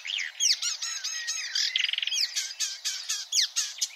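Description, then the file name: Marsh warbler song, a fast, varied medley of whistles, chattering notes and a quick buzzy trill, phrases tumbling without pause. "suara-kicauan-burung-marsh-warbler -omkicau"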